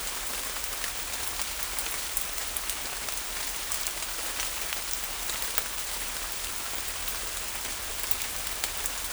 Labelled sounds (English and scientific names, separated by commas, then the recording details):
none
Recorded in forest near Pivijay, Magdalena, Colombia, on 1 June 2023 at 17:00
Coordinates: 10.467, -74.380
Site Z5-G034